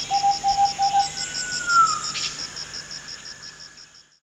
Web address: fluffy-backed tit-babbler